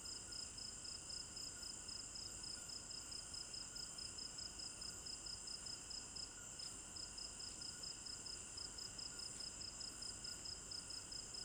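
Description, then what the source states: Crickets giving a steady high pulsed chirp, briefly breaking midway, over an unbroken shrill drone of other insects. Recorded at night in a village garden in Africa; binaural stereo recording.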